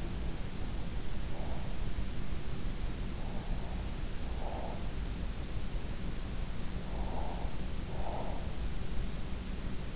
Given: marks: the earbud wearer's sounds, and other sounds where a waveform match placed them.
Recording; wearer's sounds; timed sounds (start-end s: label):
sounds in sleep by an in-ear microphone; breath
0.00-1.69 s: breath
3.31-4.73 s: breath
6.32-8.52 s: breath